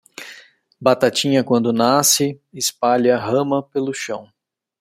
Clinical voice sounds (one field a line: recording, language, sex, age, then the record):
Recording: short text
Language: Brazilian Portuguese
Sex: male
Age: 40 to 49 years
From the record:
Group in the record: control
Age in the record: 43 years